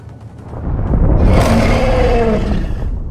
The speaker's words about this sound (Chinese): 此时此刻他不那么肯定这个想法了，大地仍然在震颤，食人魔的咆哮声愈发清晰了，随后的一声咆哮几乎震得他的耳朵流血。